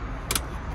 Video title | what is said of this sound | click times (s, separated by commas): Malibu 24MXZ at Inland Boat Company - L4506 | if you can hear that clicks into place | 0.3 s, 0.4 s